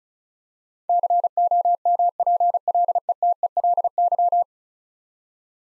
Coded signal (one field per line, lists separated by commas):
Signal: Morse code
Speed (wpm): 36 wpm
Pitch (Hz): 700 Hz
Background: none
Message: COMPLETELY